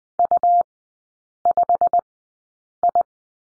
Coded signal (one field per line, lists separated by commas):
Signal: Morse code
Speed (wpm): 20 wpm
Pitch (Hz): 700 Hz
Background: none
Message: U5I